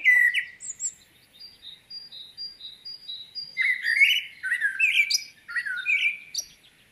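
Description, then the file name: Common blackbird song: a brief fluty opening, a pause filled with soft high thin notes from other birds, then a longer rich warbling phrase with squeaky high flourishes. "Turdus merula"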